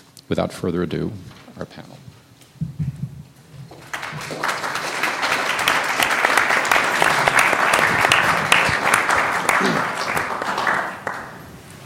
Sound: applause